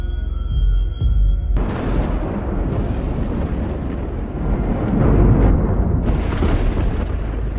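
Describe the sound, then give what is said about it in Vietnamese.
A sudden, deafening thunder clap cracks from the sky after a brief soft tonal hum, then rolls on as a loud, continuous rumble with heavy low-end crackle until the end, during a storm with strong wind and rain. “Đột nhiên trên tầng không vang lên một tiếng sét đinh tai nhức óc.”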